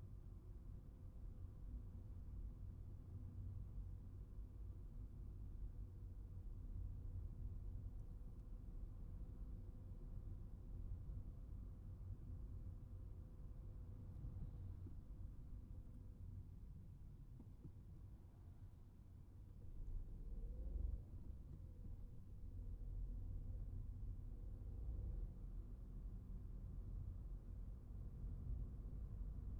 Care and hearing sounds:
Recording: everyday scene through a hearing-aid microphone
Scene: in a vehicle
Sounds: engine, traffic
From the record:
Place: Skoda Fabia, gasoline engine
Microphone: behind the ear, right, rear

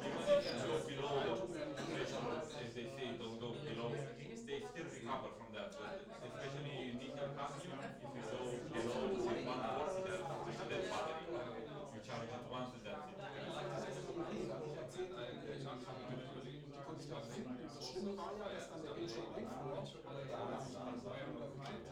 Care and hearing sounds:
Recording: everyday scene through a hearing-aid microphone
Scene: many people talking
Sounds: many voices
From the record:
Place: bistro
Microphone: in the ear canal, left

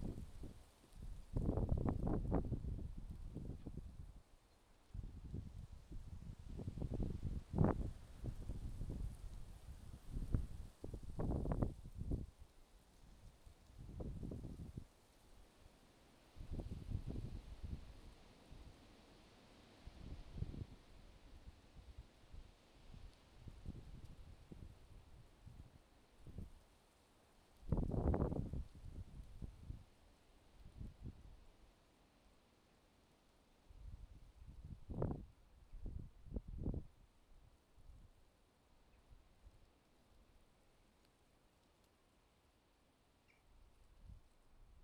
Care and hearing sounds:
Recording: everyday scene through a hearing-aid microphone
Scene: wind on the microphone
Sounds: wind, traffic, birds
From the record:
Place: suburban garden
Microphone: in the ear canal, left

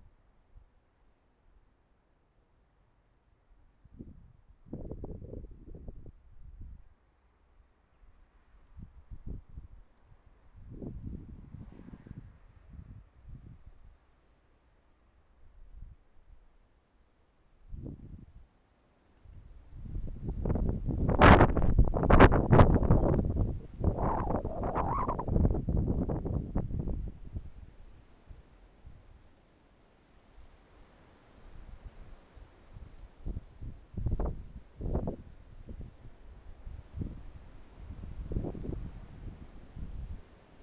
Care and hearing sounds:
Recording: everyday scene through a hearing-aid microphone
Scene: wind on the microphone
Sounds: wind, traffic, birds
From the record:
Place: suburban garden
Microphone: behind the ear, right, rear

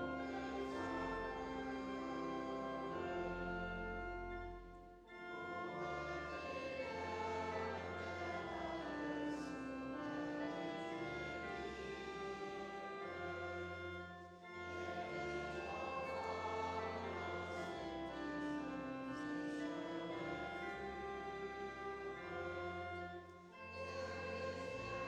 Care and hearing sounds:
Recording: everyday scene through a hearing-aid microphone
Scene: reverberant space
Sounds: music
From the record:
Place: church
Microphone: in the ear canal, left

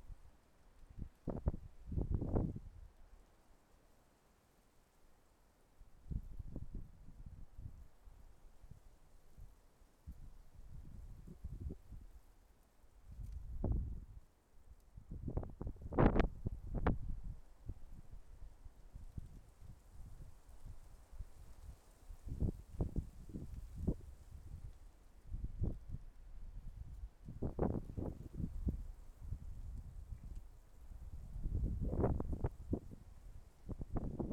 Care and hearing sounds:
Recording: everyday scene through a hearing-aid microphone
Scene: wind on the microphone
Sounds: wind, traffic, birds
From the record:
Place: suburban garden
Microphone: behind the ear, left, front

